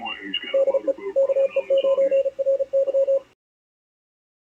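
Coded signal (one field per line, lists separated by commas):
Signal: Morse code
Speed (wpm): 33 wpm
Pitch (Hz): 540 Hz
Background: speech, radio noise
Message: DE KE9RY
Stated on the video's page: Heard at 7200 kHz LSB on a MALAHITEAM DSP-2 SDR receiver.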